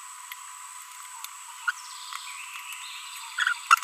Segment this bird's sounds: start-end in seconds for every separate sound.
1.68-1.71, 3.39-3.53